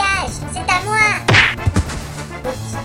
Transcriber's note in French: bam